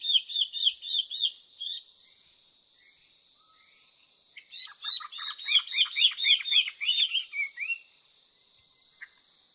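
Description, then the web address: Taiwan hwamei singing a rapid series of repeated whistled notes, falling quiet for a few seconds, then a longer run of rich looping phrases; a constant high hum continues throughout. Recorded at Yushan. "台灣畫眉. Yushan"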